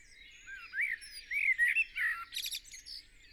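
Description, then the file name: Eurasian blackbird giving one song phrase: several rounded, fluted notes rising and falling, then a brief high, chattering squeak at the end. "Turdus merula"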